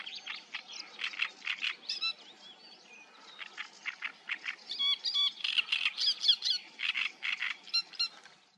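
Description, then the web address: Great reed warbler song: scratchy, repetitive chattering phrases with harsh churrs, mixed with short clear whistled notes. "ptaki trzciniak trzciniak"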